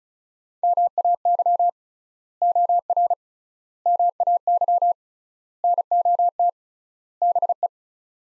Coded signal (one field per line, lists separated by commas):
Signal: Morse code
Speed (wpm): 34 wpm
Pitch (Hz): 700 Hz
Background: none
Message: MAY OR MAY NOT BE